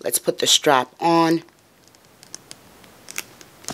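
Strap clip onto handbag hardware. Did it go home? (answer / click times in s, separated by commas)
yes / 3.2 s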